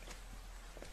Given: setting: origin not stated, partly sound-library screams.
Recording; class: one-second piece from a danger detection set; normal situation